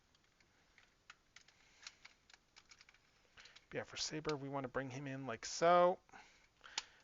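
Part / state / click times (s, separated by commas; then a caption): transforming robot figure locking into combined jet mode / seated / 6.8 s. The Star Saber figure of a HasLab Victory Saber transforming robot toy is pushed into place to lock into the combined V-Star jet mode, with light plastic handling taps and clicks throughout. Someone talks midway. A sharp plastic click at 6.8 s shows the figure has locked in.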